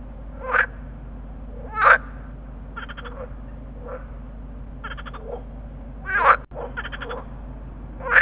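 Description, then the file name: Water frog croaks, loud quacking calls at irregular intervals, fainter pulsed rattles between them, steady low hum. Chorus call of green frogs (groene kikker). "groenekikker roepkoor"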